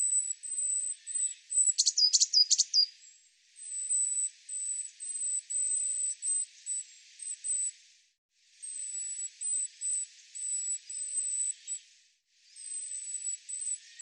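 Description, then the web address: Eurasian blue tit calling: a steady series of faint thin high notes, broken by one louder chattering burst early on. "cianscape birddata Deverinetal 2025 File cleaned normalized Bird Cy Ca"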